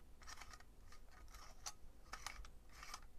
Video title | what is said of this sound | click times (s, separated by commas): Pipeman – The Lover Kit | i can feel it clicking around and you can't undo it again you can do it up more but | 2.1 s, 2.3 s, 2.5 s, 2.8 s, 2.9 s